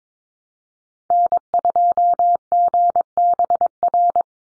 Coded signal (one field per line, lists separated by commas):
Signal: Morse code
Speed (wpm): 22 wpm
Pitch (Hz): 700 Hz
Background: none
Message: N2GBR